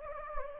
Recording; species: mosquito wingbeat signal from an infrared sensor; Anopheles gambiae